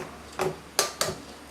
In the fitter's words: suffit juste de refermer. Une impulsion. On entend le clic.